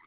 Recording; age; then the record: pig call; piglet (1 to 25 days)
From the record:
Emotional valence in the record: positive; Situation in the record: short reunion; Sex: female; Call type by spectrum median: low-frequency call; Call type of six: low-frequency tonal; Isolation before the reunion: 3 minutes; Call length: 0.07 s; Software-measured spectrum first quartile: 1075 Hz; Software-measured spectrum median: 1659 Hz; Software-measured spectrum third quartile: 2378 Hz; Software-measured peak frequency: 2015 Hz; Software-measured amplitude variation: 12 dB a second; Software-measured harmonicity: 4.6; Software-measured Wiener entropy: -1.17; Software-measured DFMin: 977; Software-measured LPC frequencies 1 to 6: 1105, 2070, 3313, 4237, 4645, 5740 Hz